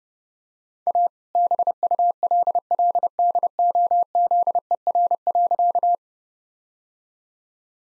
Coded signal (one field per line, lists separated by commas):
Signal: Morse code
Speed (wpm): 30 wpm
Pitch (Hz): 700 Hz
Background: none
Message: A BULLDOZER.